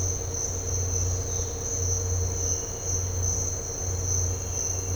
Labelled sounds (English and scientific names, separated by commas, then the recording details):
none
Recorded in dense forest near Puerto Asís, Putumayo, Colombia, on 9 March 2025 at 07:00
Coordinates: 0.468, -76.322
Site GP01